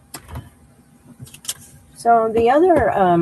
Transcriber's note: paper rustles